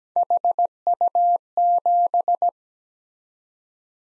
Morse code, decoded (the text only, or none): HU7